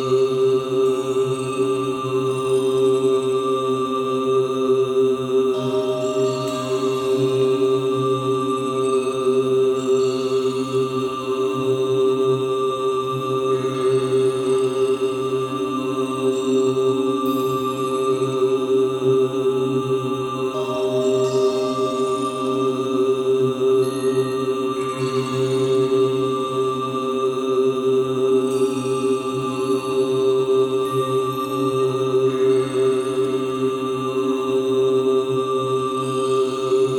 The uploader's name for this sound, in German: Tempel - Buddhistisches Kloster , Himalaja